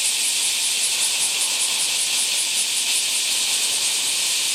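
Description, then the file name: Bear cicada singing as a dense, steady, hissing high drone with a faint fast pulsing, continuous throughout. "Kumazemi"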